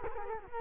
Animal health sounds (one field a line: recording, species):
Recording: mosquito wingbeat signal from an infrared sensor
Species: Culex quinquefasciatus